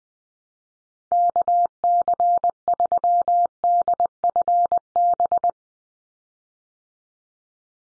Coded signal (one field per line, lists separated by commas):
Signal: Morse code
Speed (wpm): 20 wpm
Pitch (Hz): 700 Hz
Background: none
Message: KC3DFB